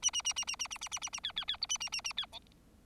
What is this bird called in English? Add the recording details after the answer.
Bengalese Finch. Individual Bird4